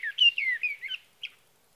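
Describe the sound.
Sage thrasher giving a brief run of slurred, descending whistled phrases, then a single short note after a pause.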